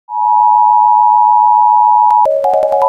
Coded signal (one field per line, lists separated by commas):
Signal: Emergency Alert System (SAME) tones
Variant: 853 and 960 Hz attention tone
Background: music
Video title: (TCPMV) Emergency Alert System Required Monthly Test Scan V2